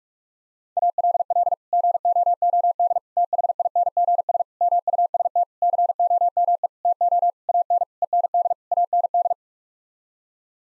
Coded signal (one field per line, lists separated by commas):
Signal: Morse code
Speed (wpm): 47 wpm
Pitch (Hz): 700 Hz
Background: none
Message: ALL GOOD THINGS MUST COME TO AN END AND